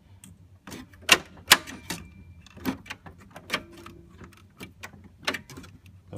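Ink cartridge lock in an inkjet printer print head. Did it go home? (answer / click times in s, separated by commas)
no / none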